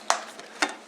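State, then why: Seated. The last top flap of a folding plastic camp bowl comes over the top and clips onto the side panel, snapping into place to complete the bowl. Two sharp plastic snaps are heard at 0.1 s and 0.6 s, with fainter ticks around 0.4 s and 0.9 s. The flap is seated and the bowl is ready.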